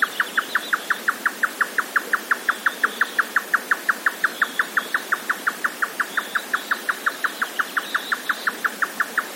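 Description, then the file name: Grey nightjar song: quick, regular knocking notes repeated steadily throughout. "yotaka"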